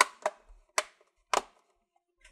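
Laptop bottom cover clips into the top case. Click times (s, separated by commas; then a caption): 0.0 s, 0.3 s, 0.8 s, 1.3 s. The plastic bottom cover of an Asus Vivobook X543B laptop is being clipped into the top case during an HDD to SSD upgrade, pinched at the front and worked toward the corners. Sharp clicks are heard at 0.0, 0.3, 0.8 and 1.3 seconds, followed by a faint soft sound near 2.3 seconds. The clips snap shut and the cover is seated.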